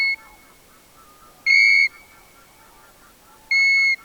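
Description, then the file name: European golden plover giving two clean, level whistled notes two seconds apart, after the tail of an earlier one, with soft, lower chattering in the background. "ljungpipare Pluvialis apricaria"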